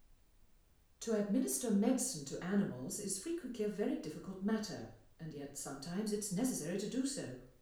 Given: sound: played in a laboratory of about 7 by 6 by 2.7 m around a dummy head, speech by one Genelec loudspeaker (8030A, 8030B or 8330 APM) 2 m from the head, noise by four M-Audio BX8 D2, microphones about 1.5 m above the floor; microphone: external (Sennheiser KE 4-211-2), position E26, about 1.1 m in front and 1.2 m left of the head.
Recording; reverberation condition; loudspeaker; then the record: female speech in English; medium; 30 degrees to the right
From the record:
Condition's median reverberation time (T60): about 510 ms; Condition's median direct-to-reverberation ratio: about -0.5 dB